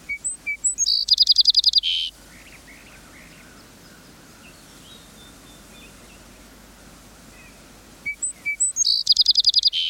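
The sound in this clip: Song sparrow song: a few sharp introductory notes, then a fast buzzy trill that drops at the end, given twice with a long quiet pause between.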